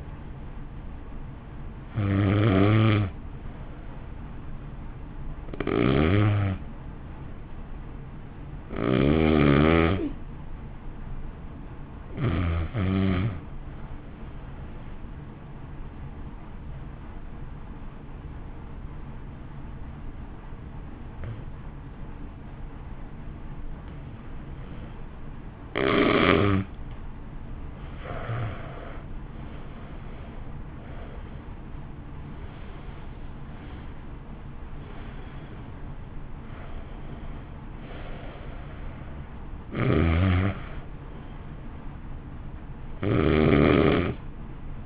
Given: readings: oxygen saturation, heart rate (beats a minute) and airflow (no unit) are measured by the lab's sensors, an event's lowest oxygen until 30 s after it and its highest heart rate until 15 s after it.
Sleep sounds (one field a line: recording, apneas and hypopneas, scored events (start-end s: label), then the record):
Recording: breathing in sleep by a smartphone at the bedside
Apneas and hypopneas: 1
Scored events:
11.00-29.30 s: hypopnea (N2, oxygen 95% highest, then 86% lowest, heart rate 51 at the start, 62 highest)
From the record:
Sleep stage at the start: N2 (light sleep)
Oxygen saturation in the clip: 86 to 95%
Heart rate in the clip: 51 to 62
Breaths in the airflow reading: 14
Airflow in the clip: -1.5 to 1.4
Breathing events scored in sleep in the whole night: 328 in 6.3 hours asleep